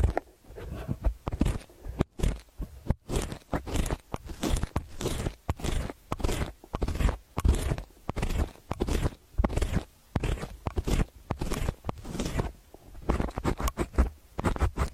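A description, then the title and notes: An earpick scrapes and rubs inside an ear in short, crackly bursts, about two per second, with a steady rhythm across the whole stretch. Each stroke is a scratchy, crunching rustle with a low thump underneath, separated by brief near-silent gaps. Use the earpick to help you remove earwax.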